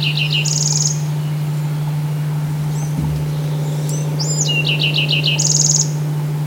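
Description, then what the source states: Bewick's wren singing two phrases, each a few quick notes ending in a buzzy high burst, the second opening with a slurred whistle; steady low hum throughout. Recorded 28 May 2005.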